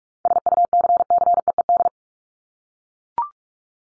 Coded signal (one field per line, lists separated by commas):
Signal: Morse code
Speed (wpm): 44 wpm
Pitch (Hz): 700 Hz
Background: none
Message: SUCCEED